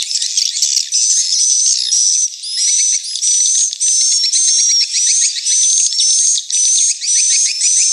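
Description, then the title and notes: Swiftlets twittering in a dense chorus of high buzzy chirps with clicking rattles, broken by short gaps. Swiftlet house lure sound from the AKAU brand, used to attract swiftlets to nesting houses, Tien Giang, Vietnam. "Am thanh nha yen Akau Vietnam - Tien giang. Những âm thanh chim yến thuộc thương hiệu AKAU"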